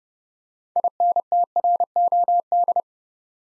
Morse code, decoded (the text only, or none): INTROD